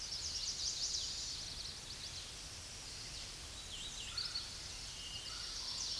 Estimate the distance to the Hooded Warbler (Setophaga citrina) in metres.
about 55 m